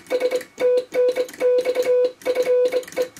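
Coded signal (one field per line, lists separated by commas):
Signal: Morse code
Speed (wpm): 24 wpm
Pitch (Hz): 500 Hz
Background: none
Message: S TNX FE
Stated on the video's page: Morse from a homebrew all-tube 10 W QRP transceiver on 80m, powered by a cheap inverter.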